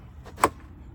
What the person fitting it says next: That clicked right in.